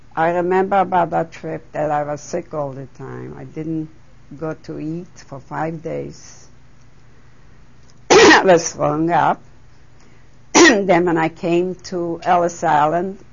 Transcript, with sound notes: I remember about that trip that I was sick all the time. I didn't go to eat for five days. ( she clears her throat ) I was throwing up. Then when I came to Ellis Island